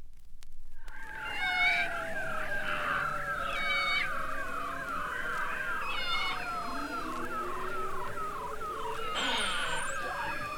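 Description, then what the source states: Beluga whale whistles and trills: a rapid wavering trill repeats steadily throughout, overlaid with high chirps and pulsed harmonic bursts, plus a slow rising whistle near the end. Arctic beluga whales, from a 1970 whale songs recording.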